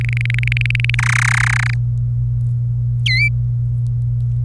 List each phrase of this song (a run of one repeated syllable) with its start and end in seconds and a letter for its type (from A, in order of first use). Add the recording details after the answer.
0.01-0.95 A, 0.99-1.74 B, 3.06-3.29 C. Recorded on 26 April 2018 at 15:11. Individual llb3